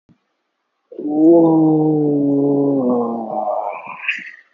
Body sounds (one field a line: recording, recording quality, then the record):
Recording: sustained vowel as in boot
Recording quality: excellent, no background noise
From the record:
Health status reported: healthy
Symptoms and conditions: none ticked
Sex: male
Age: 24 years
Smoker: not ticked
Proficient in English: yes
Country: India